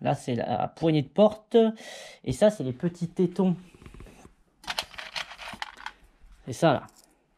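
On a Suzuki Samurai with a Raptor-coated door trim, a plastic door-panel clip is handled: the white part that sits on the door panel is about to be pushed into the brown retainer that sits in the door. Someone talks, then short plastic handling taps and clicks sound between about 4.7 and 5.9 seconds before more talk. Nothing has seated or clicked home yet.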